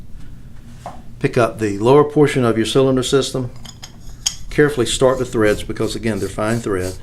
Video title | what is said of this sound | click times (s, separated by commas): Primatech P250 | carefully place it in push it in until it snaps | 0.9 s